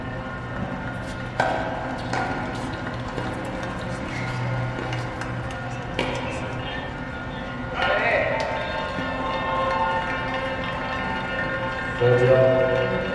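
Sounds from the US Open tennis tournament in New York: a steady, dense murmur of crowd voices runs throughout. Sharp knocks cut through at about 1.5, 2, 6, 8 and 12 seconds, with the chatter swelling briefly near 8 and again at 12 seconds.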